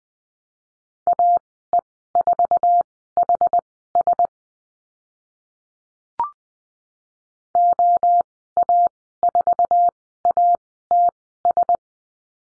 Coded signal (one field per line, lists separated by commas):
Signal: Morse code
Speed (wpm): 20 wpm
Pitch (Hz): 700 Hz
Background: none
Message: AE4HS OA4ATS